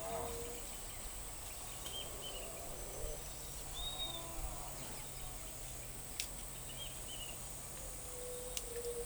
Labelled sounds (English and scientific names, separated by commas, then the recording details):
Tropical Kingbird (Tyrannus melancholicus), Great Kiskadee (Pitangus sulphuratus), White-tipped Dove (Leptotila verreauxi)
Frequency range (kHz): Tropical Kingbird (Tyrannus melancholicus) 2.5-3.4 kHz; Great Kiskadee (Pitangus sulphuratus) 3.1-3.9 kHz
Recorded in forest near Pivijay, Magdalena, Colombia, on 5 June 2023 at 08:00
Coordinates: 10.467, -74.380
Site Z5-G034